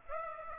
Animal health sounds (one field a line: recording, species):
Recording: mosquito wingbeat signal from an infrared sensor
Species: Aedes aegypti